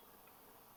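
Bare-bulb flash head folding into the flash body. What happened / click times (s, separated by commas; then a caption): The flash head is being handled but has not yet clicked into its packed position / none. The bare-bulb head of a Godox Lux Senior vintage retro on-camera manual flash is being turned back and its bulb pressed down to fold it into the flash body for packing. Only steady broadband noise with faint ticking texture is heard. Nothing has seated or clicked yet.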